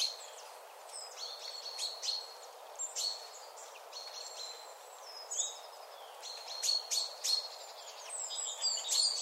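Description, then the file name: Common chaffinch: short high chirps and buzzy notes repeated rapidly over a steady background hiss. "Fringilla coelebs"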